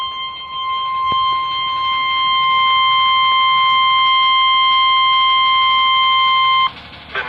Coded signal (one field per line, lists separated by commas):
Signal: Emergency Alert System (SAME) tones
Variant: 1050 Hz attention tone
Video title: EAS: Severe Thunderstorm Warning (6/29/19)(EAS #119)